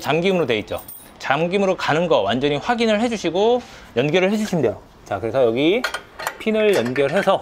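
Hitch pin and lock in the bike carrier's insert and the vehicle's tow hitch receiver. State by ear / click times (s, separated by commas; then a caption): not seated / none. A hitch pin and lock are being put through the insert of a Kuat Sherpa 2.0 bike carrier and into the factory tow hitch receiver of a Ford Expedition, with light metallic ticks and clinks under someone talking throughout. Nothing has seated or clicked yet.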